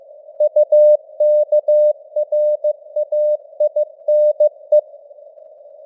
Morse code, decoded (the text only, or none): UKRAINE